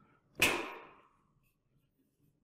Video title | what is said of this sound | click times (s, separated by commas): PMP 450b Installation | the dish on the flat surface and press down on the bracket until it clicks into place | 0.4 s